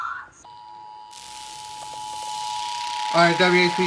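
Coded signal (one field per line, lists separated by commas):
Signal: Emergency Alert System (SAME) tones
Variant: 853 and 960 Hz attention tone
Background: speech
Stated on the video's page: Received EAS alerts covering a two-day period.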